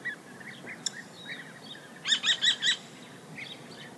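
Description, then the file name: Kestrel calling: a quick run of four sharp, harsh, high "kee" notes, with softer chirps before and after. Recorded 29 March 2006. "20060329 Kestrel"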